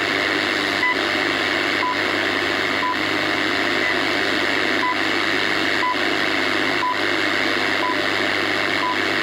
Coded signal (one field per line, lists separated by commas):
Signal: radio time signal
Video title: Time Signal & Air Band #shortwavespectrum